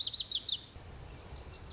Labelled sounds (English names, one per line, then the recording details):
Lazuli Bunting
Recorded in Sonoma County, California